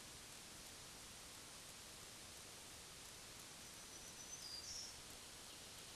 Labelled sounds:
Black-throated Green Warbler (Setophaga virens) song
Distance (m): 45 m
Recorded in a Pennsylvania forest on 1 June 2023 at 08:55
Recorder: AudioMoth, point grid3_32_low
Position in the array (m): 121 m, 102 m

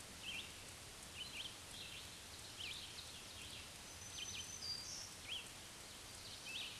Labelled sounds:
Black-throated Green Warbler (Setophaga virens) song
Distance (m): 30 m
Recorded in a Pennsylvania forest on 1 June 2023 at 07:01
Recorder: AudioMoth, point grid3_38_high
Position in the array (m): 220 m, 140 m

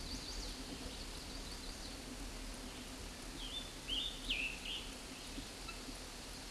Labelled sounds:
Scarlet Tanager (Piranga olivacea) song
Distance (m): 30 m
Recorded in a Pennsylvania forest on 19 May 2023 at 14:16
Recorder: AudioMoth, point grid1_7_low
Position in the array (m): 137 m, 44 m

